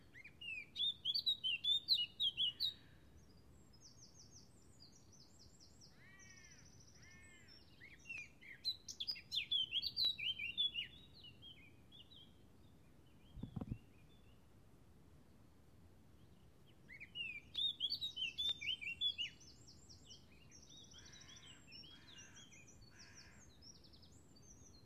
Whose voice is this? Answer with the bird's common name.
Eurasian Blackcap